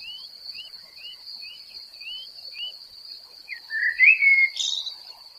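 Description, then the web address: Common blackbird song: a run of short rising whistled notes about twice a second, then a louder warbled phrase with a squeaky end, over a steady high insect drone. "SETE data Turdus merula"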